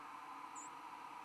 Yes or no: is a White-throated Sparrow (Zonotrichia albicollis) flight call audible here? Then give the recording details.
no. Another species' flight call is heard. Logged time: 03:37 on 16 December 2014